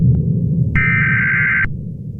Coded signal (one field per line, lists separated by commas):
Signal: Emergency Alert System (SAME) tones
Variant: header bursts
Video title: eas scenario catemojibabyheat part 21